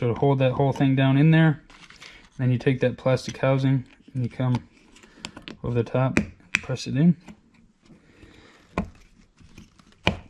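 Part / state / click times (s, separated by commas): plastic buckle housing onto seat belt buckle mechanism / seated / 10.1 s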